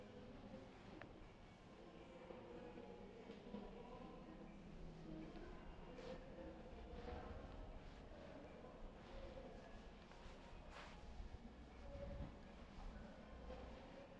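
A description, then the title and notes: A city recording dominated by the steady low rumble of a passing train, dense. Metallic clanks and rattles cut through every few seconds, and faint squealing tones drift above the constant roar throughout. Sounds from the New Museum Triennial. New York Sounds.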